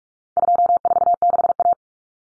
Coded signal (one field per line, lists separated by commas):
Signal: Morse code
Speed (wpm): 44 wpm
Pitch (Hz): 700 Hz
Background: none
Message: 246A